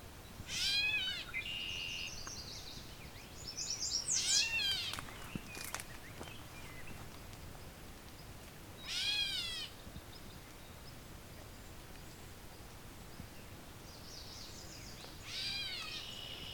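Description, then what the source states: Gray Catbird giving nasal mewing calls, four separate bursts across about sixteen seconds, with faint high bird notes in between. In a small spot holding many bird species.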